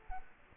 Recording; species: mosquito wingbeat signal from an infrared sensor; Culex quinquefasciatus